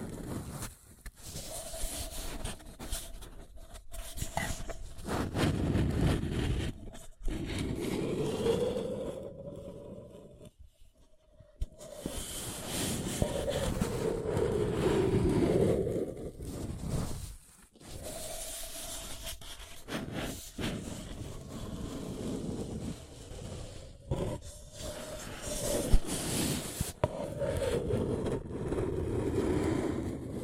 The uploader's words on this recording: ASMR Deeply Relaxing Paper Cup Tingles 1 Hr (No Talking).